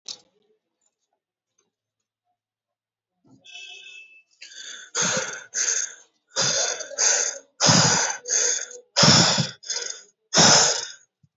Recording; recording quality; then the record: shallow breathing; excellent, no background noise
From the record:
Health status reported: healthy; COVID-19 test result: negative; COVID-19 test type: RT-PCR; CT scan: not taken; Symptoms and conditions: none ticked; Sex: male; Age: 27 years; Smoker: no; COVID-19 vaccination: both doses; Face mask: not worn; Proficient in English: yes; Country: India